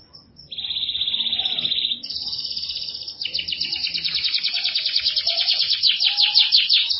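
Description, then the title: Canary singing a long, rapid, high trill that changes pace and pitch between tours, starting with a steady buzzy roll and ending in quick chattering notes. "Kenari"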